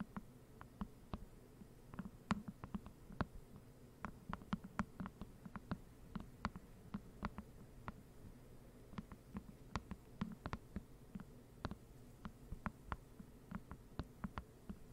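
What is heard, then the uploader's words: Slow, irregular tapping like scattered raindrops, with sharp clicks landing a few times per second across the whole stretch, some louder than others. Beneath them runs a steady low buzzing hum. ASMR NO TALKING slow rain-like Tapping.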